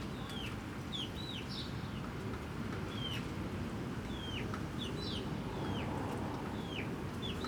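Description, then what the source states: Chicken chicks giving sparse high downward-slurred peeps, one or two every second, over a steady low rumble. Hens and chicks in the henhouse of the Atelier 34zero museum garden, Jette, Brussels, Belgium; recorded with DPA 4060 microphones in AB position into a Zoom F3.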